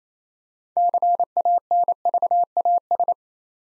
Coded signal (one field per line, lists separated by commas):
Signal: Morse code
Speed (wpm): 27 wpm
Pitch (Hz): 700 Hz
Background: none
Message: CANVAS